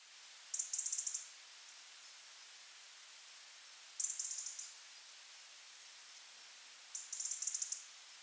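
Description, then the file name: European robin calls: three short bursts of rapid, very high thin ticking notes, roughly every three seconds, over a faint steady hiss. "Erithacus rubecula"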